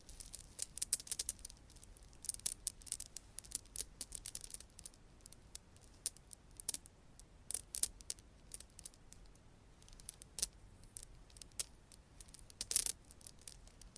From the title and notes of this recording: ASMR Mic Scratching - Brain Scratching & Tapping with Rhinestones & Long Nails -No Talking.